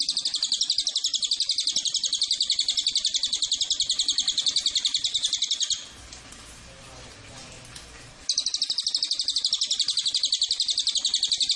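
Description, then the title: Cililin: rapid high chirping from a Cililin, steady and insistent, interrupted midway by a couple of seconds of low hiss, then resuming at the same quick pace. Used as a lure and tutor (pancingan, masteran) to attract the bird. "MASTERAN SUARA BURUNG CILILIN BISA JUGA PANCINGAN CILILIN"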